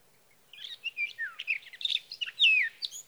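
Sage thrasher song, a rapid jumble of warbled and slurred whistles, including a clear descending note near the end.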